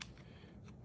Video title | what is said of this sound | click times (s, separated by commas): PROGRAM : Robert Tonner “3D Design and Doll Making” | It just snaps right in, just like that. | 0.0 s